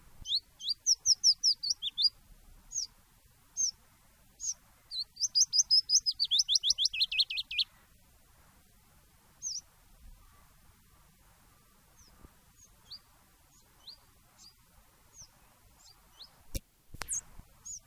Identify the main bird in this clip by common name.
Willow Warbler